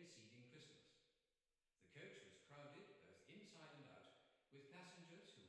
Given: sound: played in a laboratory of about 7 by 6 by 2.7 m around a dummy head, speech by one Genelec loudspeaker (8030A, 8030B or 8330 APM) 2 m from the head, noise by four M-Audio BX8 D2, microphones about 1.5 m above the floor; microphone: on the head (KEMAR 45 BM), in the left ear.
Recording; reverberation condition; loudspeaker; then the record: male speech in English; high; 30 degrees to the right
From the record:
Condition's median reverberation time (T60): about 1300 ms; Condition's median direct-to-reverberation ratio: about -4.0 dB